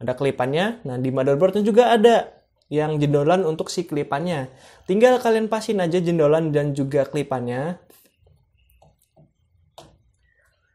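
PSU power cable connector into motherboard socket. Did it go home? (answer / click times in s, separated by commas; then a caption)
no / none. Someone talks while lining up the latch clip of a PSU power cable connector with the nub on the motherboard socket. Then comes a quiet stretch with faint small clicks and handling sounds, with one sharper tick near 9.8 s. The connector has not clicked or seated yet.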